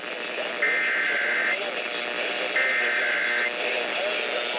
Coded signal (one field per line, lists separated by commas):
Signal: Emergency Alert System (SAME) tones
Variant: header bursts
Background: speech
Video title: [EAS #331 & 332] Required Monthly Test on 1100 kHz and 1350 kHz